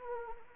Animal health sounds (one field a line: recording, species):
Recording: mosquito wingbeat signal from an infrared sensor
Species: Anopheles arabiensis